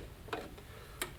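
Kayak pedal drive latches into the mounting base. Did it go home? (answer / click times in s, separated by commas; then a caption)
yes / 0.3 s, 1.0 s. A Wilderness Systems Helix PD kayak pedal drive, raised upright, has its hatch latches locked into the mounting base. Two sharp clicks come at 0.3 s and 1.0 s over a quiet background, the second slightly louder. The latches are locked and the drive is seated in place.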